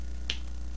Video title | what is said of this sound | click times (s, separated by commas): Christmas Present to Myself | there's that snap what we all look for and that's whoops | 0.3 s